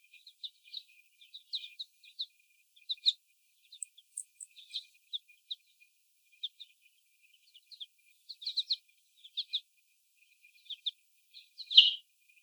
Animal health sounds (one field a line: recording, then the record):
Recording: young laying hens in a cage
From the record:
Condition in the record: before the stressor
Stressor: sudden umbrella opening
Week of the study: 1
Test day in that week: 1